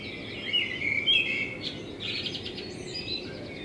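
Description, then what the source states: Common blackbird song, short whistled phrases with twittering notes, over steady low noise. Blackbird in front of the recordist's window; binaural recording with a self-built dummy head, intended for headphone listening.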